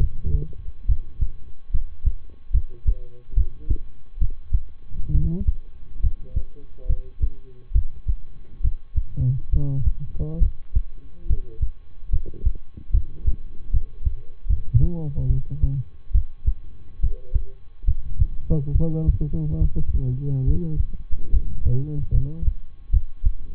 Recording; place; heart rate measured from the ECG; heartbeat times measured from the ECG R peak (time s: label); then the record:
heart sounds by stethoscope; between the tricuspid and mitral areas; 71 bpm
0.85 s: heartbeat
1.70 s: heartbeat
2.50 s: heartbeat
3.33 s: heartbeat
4.17 s: heartbeat
5.11 s: heartbeat
6.00 s: heartbeat
6.85 s: heartbeat
7.71 s: heartbeat
8.60 s: heartbeat
9.49 s: heartbeat
10.39 s: heartbeat
11.26 s: heartbeat
12.09 s: heartbeat
12.90 s: heartbeat
13.70 s: heartbeat
14.46 s: heartbeat
15.26 s: heartbeat
16.11 s: heartbeat
16.99 s: heartbeat
17.84 s: heartbeat
18.71 s: heartbeat
19.57 s: heartbeat
20.43 s: heartbeat
21.29 s: heartbeat
22.10 s: heartbeat
22.89 s: heartbeat
From the record:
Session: rest, lying down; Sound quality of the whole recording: good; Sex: male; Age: 23 years